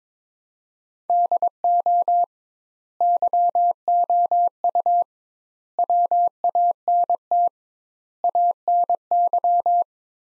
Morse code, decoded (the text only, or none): DO YOU WANT ANY